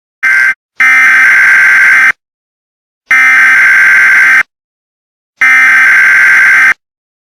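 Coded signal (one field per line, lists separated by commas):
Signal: Emergency Alert System (SAME) tones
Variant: header bursts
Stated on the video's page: Fictional EAS scenario, a simulated alert inspired by a real event.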